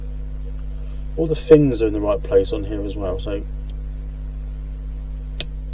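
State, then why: Seated. A screw is tightened into the finned cooling head of a vintage Kyosho Turbo Burns nitro RC car engine, and it goes in tighter than the others. Someone talks from about 1.2 to 3.4 s, a faint tick follows at 3.7 s, and a sharp click at 5.4 s marks the screw seating as it snugs down.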